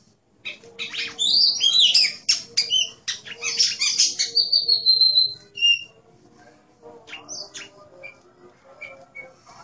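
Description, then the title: Oriental magpie-robin pouring out a fast stream of twittering notes that ends in a long, sliding whistle, then scattered soft chirps. "Kacer"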